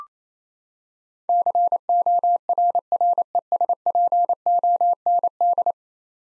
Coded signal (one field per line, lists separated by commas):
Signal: Morse code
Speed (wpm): 28 wpm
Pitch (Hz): 700 Hz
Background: none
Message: CORRESPOND